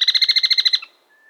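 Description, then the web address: Trilling tapaculo giving a brief burst of about ten quick, evenly spaced pulsed notes that end in a single lower note, followed by a faint thin tone. Andes, South America. "S America Andean Birds. Trilling Tapulco (Scytalopus Parvirostris)"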